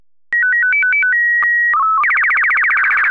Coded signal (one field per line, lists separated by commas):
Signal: SSTV (slow-scan television)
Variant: Robot BW 8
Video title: Slow Scan Radio, September 5, 2018